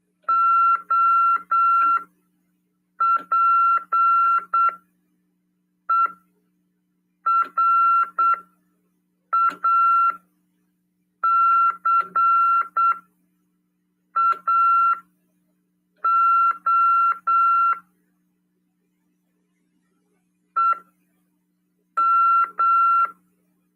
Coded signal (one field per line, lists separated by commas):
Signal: Morse code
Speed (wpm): 8 wpm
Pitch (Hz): 1360 Hz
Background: none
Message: OPERACAO EM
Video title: RADIOAMADOR 2ªEd. 15/12/2022 "AULA 46: CW, LEGIS e C.RODADA" FM 146.410 Mhz.PY2EXU PAULO CRASP/RAF.